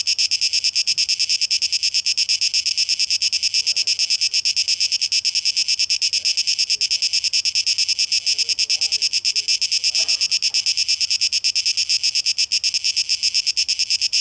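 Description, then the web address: Cicada song, a high buzzing rapidly and steadily pulsed. Tape echo mix, recorded 12 August 2023. "Audio 2023-08-12 Zikaden (Tape Echo Mix)"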